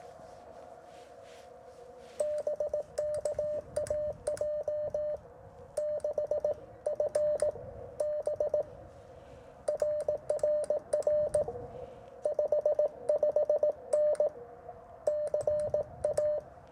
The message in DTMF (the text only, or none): none